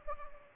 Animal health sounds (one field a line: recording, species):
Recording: mosquito wingbeat signal from an infrared sensor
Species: Anopheles gambiae